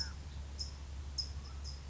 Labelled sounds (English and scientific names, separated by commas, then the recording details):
California Towhee (Melozone crissalis)
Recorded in Sonoma County, California